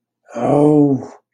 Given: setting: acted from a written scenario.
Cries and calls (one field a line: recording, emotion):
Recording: vocal sound without words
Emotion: disappointment